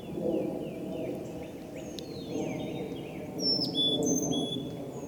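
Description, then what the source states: Carolina wren song: a rolling series of repeated downslurred notes over the first two and a half seconds, with thin high whistles from other birds and a low steady background rumble. Falls Lake, Rollingview, 17 April 2018.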